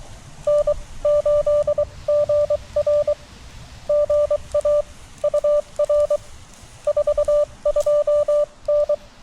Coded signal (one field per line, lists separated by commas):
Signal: Morse code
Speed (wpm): 23 wpm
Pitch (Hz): 1180 Hz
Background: none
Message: N8GR GA UR 42N